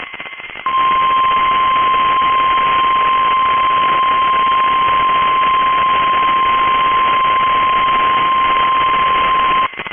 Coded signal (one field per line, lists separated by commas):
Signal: Emergency Alert System (SAME) tones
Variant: 1050 Hz attention tone